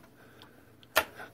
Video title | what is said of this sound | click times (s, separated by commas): Cutler Hammer circut breaker replacement XO single Pole | we go that side snapped in and | 1.0 s